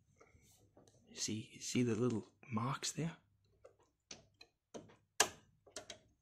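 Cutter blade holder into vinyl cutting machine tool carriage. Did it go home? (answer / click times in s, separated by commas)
yes / 5.2 s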